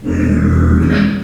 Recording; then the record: squeal of a Yucatan mini pig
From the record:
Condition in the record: after surgery on the right vocal fold (resection and tissue-engineered implant); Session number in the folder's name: 9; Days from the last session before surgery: 65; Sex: female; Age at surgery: 19 weeks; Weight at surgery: 25 kg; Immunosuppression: prednisolone